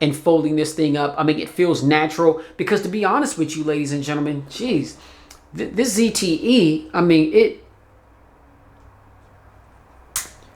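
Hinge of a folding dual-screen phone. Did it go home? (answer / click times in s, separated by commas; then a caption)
released / 10.2 s. Someone talks for about 7.5 seconds, then a quiet pause follows. At 10.2 s the hinge of a ZTE Axon M folding dual-screen phone gives a sharp click as it is unfolded open to its stop.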